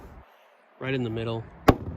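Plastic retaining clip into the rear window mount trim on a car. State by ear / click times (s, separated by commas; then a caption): seated / 1.7 s. A single plastic retaining clip in the middle of the rear window RotopaX mount trim cover on a 2003–2011 Honda Element is pressed in after the cover is slid back into place. Someone talks briefly, then a sharp click is heard at 1.7 s as the clip snaps home and seats.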